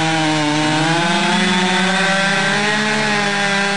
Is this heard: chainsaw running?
yes